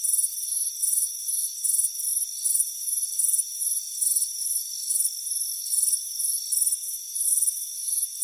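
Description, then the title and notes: Cricket chirping, bright pulsed bursts repeated at a quick pace over an unbroken high trill. Chirping crickets on a warm afternoon on a front porch. "Soothing Crickets Chirping Sound. It's a warm afternoon as you relax in a hammock on the front porch. Relax and fall asleep to the soothing sound of chirping crickets. Deep Sleep Sounds"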